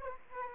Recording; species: mosquito wingbeat signal from an infrared sensor; Anopheles arabiensis